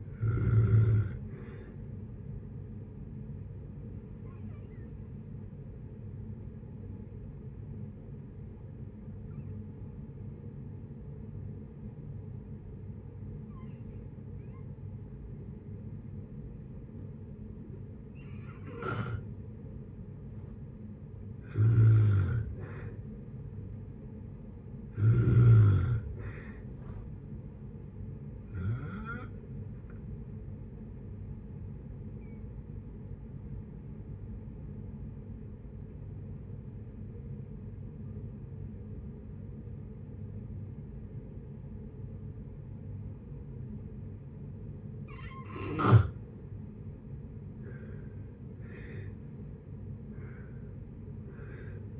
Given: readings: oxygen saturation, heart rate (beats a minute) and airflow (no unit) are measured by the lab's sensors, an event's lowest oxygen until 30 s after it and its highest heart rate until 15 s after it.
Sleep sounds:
breathing in sleep by a smartphone at the bedside; 2
3.00-21.00 s: hypopnea (N1, oxygen 97% highest, then 89% lowest, heart rate 67 at the start, 67 highest)
11.00-41.00 s: new sleep stage, N2 (light sleep)
35.00-46.90 s: obstructive apnea (N2, oxygen 95% highest, then 84% lowest, heart rate 64 at the start, 71 highest)
41.00-52.00 s: new sleep stage, N1 (lightest sleep)
From the record:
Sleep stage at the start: N1 (lightest sleep); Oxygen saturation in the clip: 85 to 97%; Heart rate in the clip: 56 to 73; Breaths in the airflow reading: 9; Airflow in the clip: -8.7 to 10.4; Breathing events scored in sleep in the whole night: 496 in 5.4 hours asleep

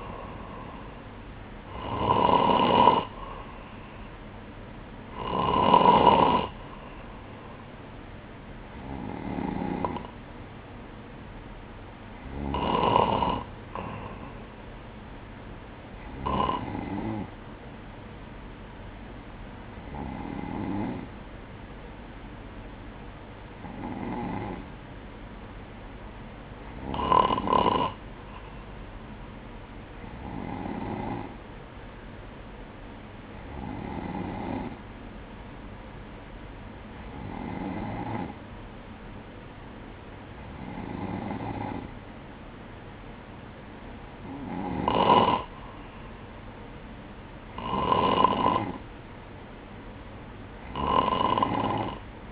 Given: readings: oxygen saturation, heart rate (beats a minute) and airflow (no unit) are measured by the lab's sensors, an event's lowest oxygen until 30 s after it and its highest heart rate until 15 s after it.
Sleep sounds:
breathing in sleep by a voice recorder at the bedside; none
none scored
From the record:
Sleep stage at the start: N2 (light sleep); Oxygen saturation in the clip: 93 to 96%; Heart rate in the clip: 59 to 63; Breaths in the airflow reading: 15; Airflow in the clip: -4.4 to 4.8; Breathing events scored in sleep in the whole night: 180 in 6.7 hours asleep

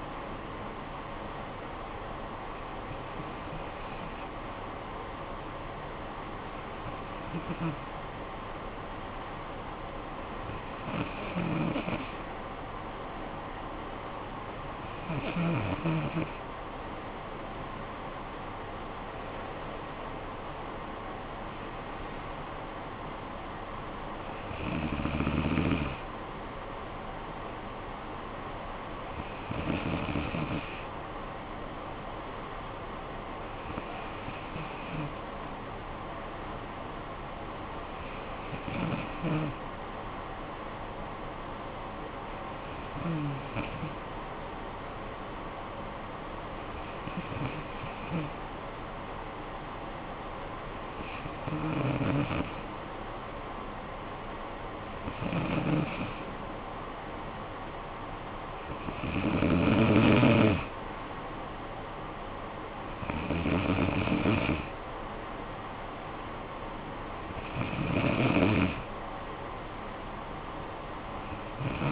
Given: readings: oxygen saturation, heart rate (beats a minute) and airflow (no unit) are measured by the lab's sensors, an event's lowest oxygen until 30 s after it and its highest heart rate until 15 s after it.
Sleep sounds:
breathing in sleep by a voice recorder at the bedside; 1
9.00-21.70 s: hypopnea (N2, oxygen 95% highest, then 93% lowest, heart rate 61 at the start, 65 highest)
From the record:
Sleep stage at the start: N2 (light sleep); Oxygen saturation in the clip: 93 to 95%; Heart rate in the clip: 50 to 65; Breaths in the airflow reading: 16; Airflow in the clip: -11.7 to 9.3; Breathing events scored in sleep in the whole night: 445 in 7.6 hours asleep

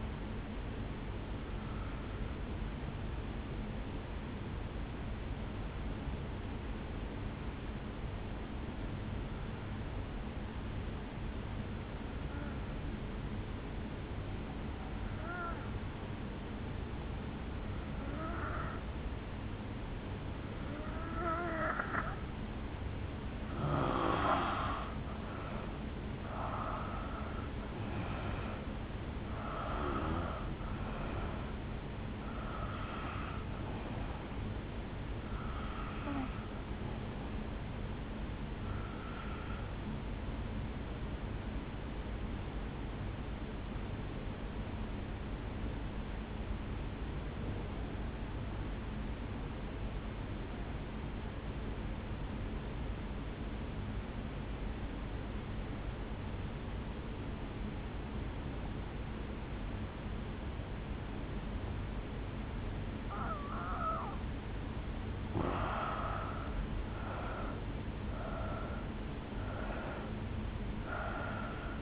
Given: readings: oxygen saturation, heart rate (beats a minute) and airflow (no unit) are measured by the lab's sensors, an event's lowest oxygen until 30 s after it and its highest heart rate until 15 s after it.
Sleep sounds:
breathing in sleep by a voice recorder at the bedside; 2
4.00-22.80 s: obstructive apnea (N2, oxygen 95% highest, then 85% lowest, heart rate 56 at the start, 70 highest)
46.00-64.60 s: obstructive apnea (N2, oxygen 96% highest, then 85% lowest, heart rate 53 at the start, 70 highest)
From the record:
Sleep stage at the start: N2 (light sleep); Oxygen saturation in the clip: 85 to 96%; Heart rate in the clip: 53 to 70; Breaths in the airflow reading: 11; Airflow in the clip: -10.0 to 4.6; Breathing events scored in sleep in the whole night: 449 in 7.0 hours asleep

